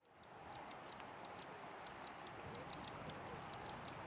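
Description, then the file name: Eurasian wren ticking, a rapid, uneven series of dry, sharp, high clicks running throughout, with low background noise. "Troglodytes troglodytes"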